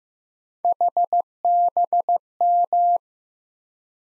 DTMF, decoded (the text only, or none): none